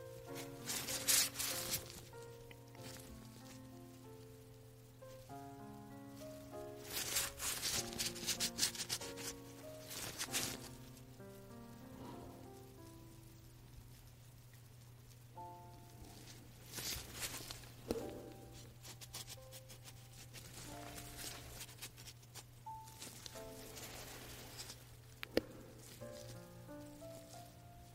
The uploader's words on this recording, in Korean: ASMR 잠이 오는 라텍스 장갑 핸드 무브먼트 l hand movement asmr.